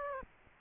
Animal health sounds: mosquito wingbeat signal from an infrared sensor; Aedes aegypti

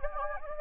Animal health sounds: mosquito wingbeat signal from an infrared sensor; Anopheles gambiae

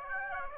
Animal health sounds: mosquito wingbeat signal from an infrared sensor; Aedes aegypti

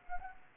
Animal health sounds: mosquito wingbeat signal from an infrared sensor; Anopheles arabiensis

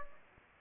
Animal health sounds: mosquito wingbeat signal from an infrared sensor; Aedes aegypti

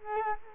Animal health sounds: mosquito wingbeat signal from an infrared sensor; Culex quinquefasciatus

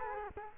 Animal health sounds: mosquito wingbeat signal from an infrared sensor; Culex quinquefasciatus

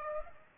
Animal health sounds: mosquito wingbeat signal from an infrared sensor; Aedes aegypti

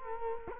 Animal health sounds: mosquito wingbeat signal from an infrared sensor; Culex quinquefasciatus

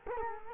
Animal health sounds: mosquito wingbeat signal from an infrared sensor; Culex quinquefasciatus

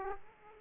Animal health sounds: mosquito wingbeat signal from an infrared sensor; Aedes aegypti

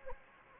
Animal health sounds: mosquito wingbeat signal from an infrared sensor; Anopheles gambiae

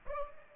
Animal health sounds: mosquito wingbeat signal from an infrared sensor; Culex pipiens

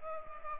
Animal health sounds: mosquito wingbeat signal from an infrared sensor; Culex pipiens

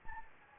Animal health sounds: mosquito wingbeat signal from an infrared sensor; Anopheles gambiae

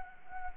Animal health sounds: mosquito wingbeat signal from an infrared sensor; Anopheles gambiae

